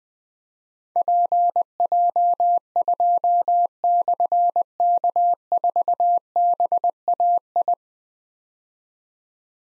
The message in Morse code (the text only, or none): PJ2/K4BAI